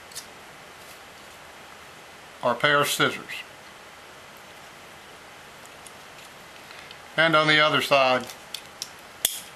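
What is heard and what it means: Someone talks while the steel saw blade of a Leatherman Surge multitool is swung open from its handle, with small mechanism sounds. It ends in a loud lock click at 9.3 s as the saw blade locks open into place.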